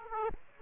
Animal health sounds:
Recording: mosquito wingbeat signal from an infrared sensor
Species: Aedes aegypti

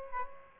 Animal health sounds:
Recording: mosquito wingbeat signal from an infrared sensor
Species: Aedes aegypti

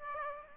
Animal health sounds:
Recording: mosquito wingbeat signal from an infrared sensor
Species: Aedes aegypti

